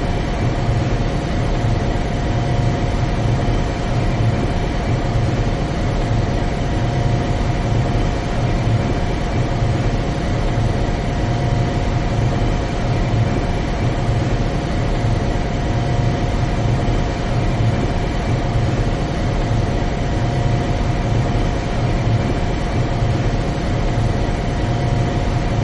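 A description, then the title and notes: A machine room hums with a constant, dense wash of noise that never changes over the whole stretch. A deep low rumble and several steady tones sit beneath a hiss that reaches high up, like heavy equipment running. Machine Room White Noise. Deep, rhythmic machine and engine sounds for sleep. This white noise track of the engine room.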